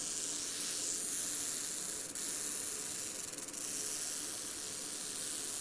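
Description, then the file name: Rock rattlesnake giving a continuous, high, sizzling buzz that holds steady throughout, with a couple of brief dips in loudness midway. "Crotaluslepidus JRice"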